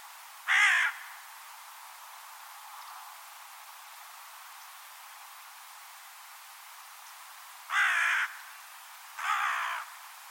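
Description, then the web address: Bird sounding one harsh caw, then after a long quiet stretch of hiss, two more rasping caws close together. "Deverinetal 2025 File origin Bird Only"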